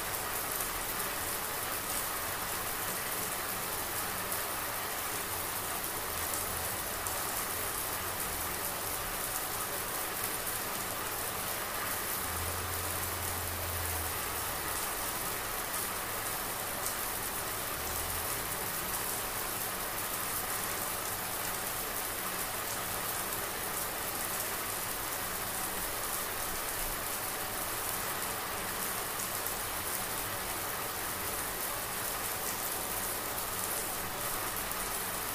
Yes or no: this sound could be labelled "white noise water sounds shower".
yes